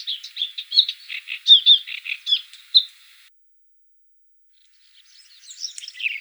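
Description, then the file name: Blyth's reed warbler song, a rapid run of varied chirps and whistled notes lasting about three seconds, then silence before a few faint high notes near the end. "Kamyshovka indijskaja"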